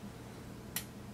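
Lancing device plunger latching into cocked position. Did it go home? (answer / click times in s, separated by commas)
yes / 0.8 s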